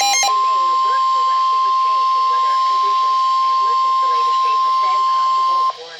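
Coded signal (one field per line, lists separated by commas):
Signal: Emergency Alert System (SAME) tones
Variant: 1050 Hz attention tone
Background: speech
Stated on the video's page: Flash flood warning relayed by weather radio station WXK24, which was late relaying it.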